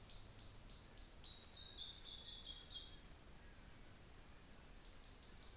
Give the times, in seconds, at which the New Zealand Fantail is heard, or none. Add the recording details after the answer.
none. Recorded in New Zealand on 24 December 2018. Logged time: 11:00